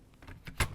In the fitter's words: i had it there we go and then slide that back and it locks in place